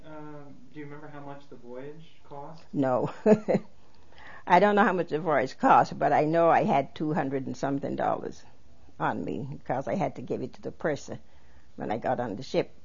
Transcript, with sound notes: Um, do you remember how much the voyage cost?
No. ( she laughs ) I don't know how much the voyage cost, but I know I had two hundred and something dollars on me, because I had to give it to the person when I got on the ship.